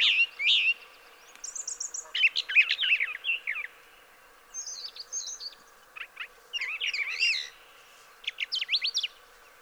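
Brown thrasher delivering varied phrases, including a high thin whistle, chattering notes and quick repeated chips, with pauses between groups.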